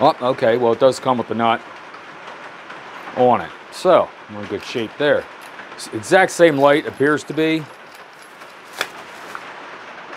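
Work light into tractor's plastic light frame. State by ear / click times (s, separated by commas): seated / 8.8 s, 9.4 s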